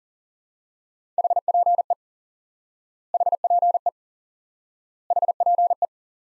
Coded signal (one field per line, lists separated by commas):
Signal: Morse code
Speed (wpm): 40 wpm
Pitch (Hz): 700 Hz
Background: none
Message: HPE HPE HPE